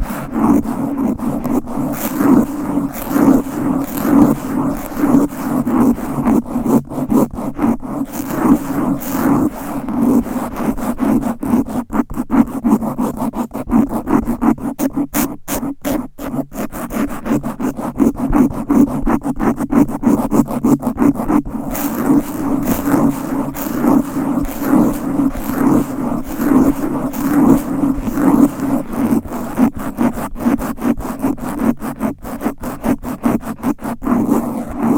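Fast, aggressive scratching on a microphone, a dense, rapid rasping that keeps up without pause for the whole stretch. A thick, low-mid scraping tone sits under brittle crackle, with sharp clicky bursts thickening around fifteen to sixteen seconds and again near twenty-two.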